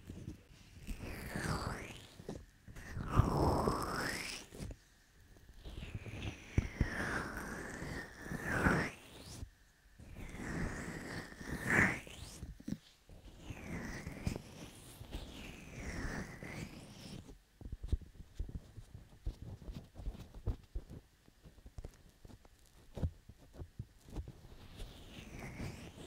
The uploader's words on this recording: ASMR Ear Lotion Ear Cleaning Ear Cupping Ear Massage (3Dio).